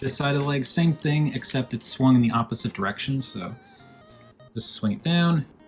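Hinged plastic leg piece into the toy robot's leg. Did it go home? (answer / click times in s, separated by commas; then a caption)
no / none. Someone talks while handling a hinged plastic leg piece on a transforming toy robot, swinging it down into position on the robot's leg, with faint tonal music in the background. The clip ends before the part goes home; nothing has seated or clicked yet.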